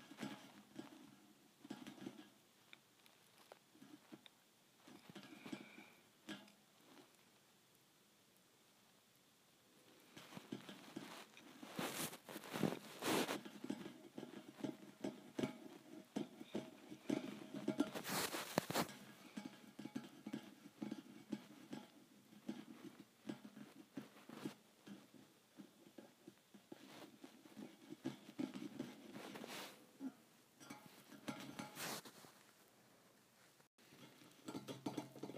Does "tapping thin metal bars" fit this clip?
yes